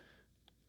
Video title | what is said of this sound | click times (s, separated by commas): BEST SAMSUNG S24 ULTRA CASES under $25 on Amazon | it's more rigid it's more stiff it's going to lock into place it's going to snap in | 0.5 s